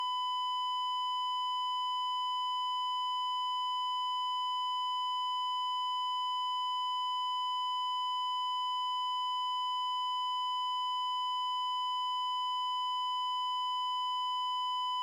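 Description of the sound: A continuous, unbroken flatline alarm tone from a patient monitor, a steady pitch near 1 kHz with harmonics above, sustained without interruption, signaling asystole.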